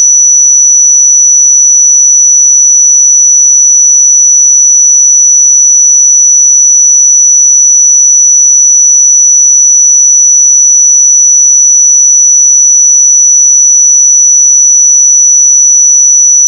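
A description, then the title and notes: A single steady, piercing pure tone at 5921 Hz holds perfectly constant for the whole clip, with no other sounds around it. 5921 Hz 1 Hz Interval Sine Pure Tone Frequency 441000 Sample Mono.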